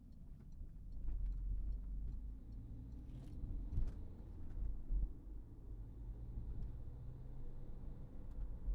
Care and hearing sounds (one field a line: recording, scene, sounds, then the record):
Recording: everyday scene through a hearing-aid microphone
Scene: in a vehicle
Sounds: engine, highway driving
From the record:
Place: Berlingo II, diesel engine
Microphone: behind the ear, right, rear